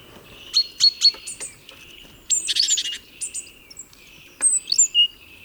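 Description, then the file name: Great tit calls: three quick high clicking chirps, then a rasping buzzy burst, followed by scattered thin high notes and a final few chirps. "Parus major"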